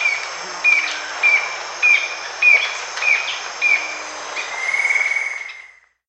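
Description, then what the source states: Yellow-throated antwren song: a series of short whistled notes repeated about every 0.6 seconds, ending in a longer even trill, over steady insect hiss. South America.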